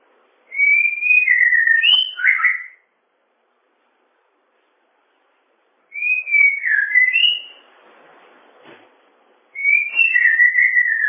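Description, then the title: Bird song: three slurred, whistled warbling phrases with pauses between, the last cut off. "kikicau"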